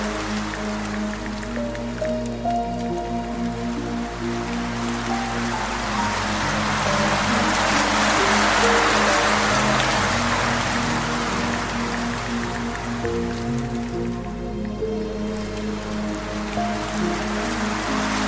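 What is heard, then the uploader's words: Soft sustained piano notes ring out over a steady rushing water stream that swells louder around the middle before easing back. Relaxing Piano Music and Water Stream for Deep Sleep and Meditation. Immerse yourself in the soothing blends of Relaxing Piano Music accompanied by the gentle sounds of a Soft Water Stream.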